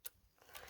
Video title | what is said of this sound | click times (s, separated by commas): Breyer Red Stable Set Unboxing with Brianna and the LOL's! Fun Video for Kids + Devotional! #breyers | So let's push it in to make sure. Heard that click? Perfect. | 0.1 s